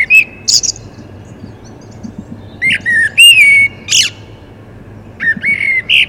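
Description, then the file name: Common blackbird giving short whistled phrases with a clear sliding fluty note and high, thin squeaks around it. "Turdus merula"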